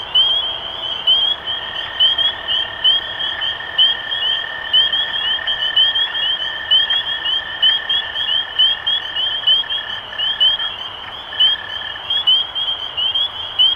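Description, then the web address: A chorus of spring peepers gives constant high rising peeps, while a steady lower whine runs underneath for most of the stretch. Recorded 23 March 2012. "animals Peepers-2012-0323"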